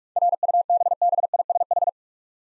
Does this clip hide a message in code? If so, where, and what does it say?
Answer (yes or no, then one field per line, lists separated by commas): yes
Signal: Morse code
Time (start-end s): 0.2-1.9 s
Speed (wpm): 44 wpm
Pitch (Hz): 700 Hz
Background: none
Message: RUBBISH